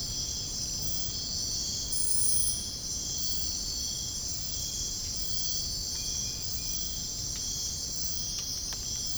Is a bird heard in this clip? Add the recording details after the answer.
no. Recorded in dense forest near Puerto Asís, Putumayo, Colombia, on 22 June 2025 at 04:30. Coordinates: 0.481, -76.323. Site G072